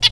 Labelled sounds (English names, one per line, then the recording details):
Zebra Finch hat call
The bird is a male
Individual mal1